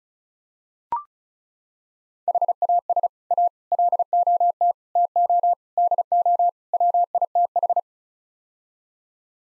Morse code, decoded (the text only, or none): HAS A LOT TO DO WITH